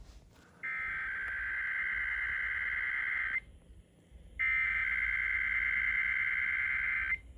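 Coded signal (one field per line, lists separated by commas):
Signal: Emergency Alert System (SAME) tones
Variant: header bursts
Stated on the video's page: Failed monthly test in Sacramento, including an abort on a radio station.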